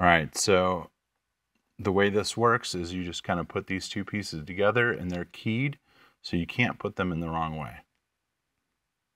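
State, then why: Not seated. Someone talks while handling the keyed plastic halves of an Eonon A100 dash camera cable connector and its mating plug for a BMW E90, lining them up to be pushed together until they lock. Nothing has seated or clicked yet; the clip ends before the connector goes home.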